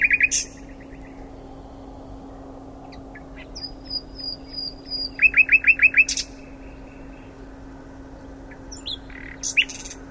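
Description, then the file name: Common nightingale singing in short, separated phrases: a quick burst of notes, a thin drawn-out whistle, then a brief run of rapid repeated notes among long pauses. "Luscinia megarhynchos"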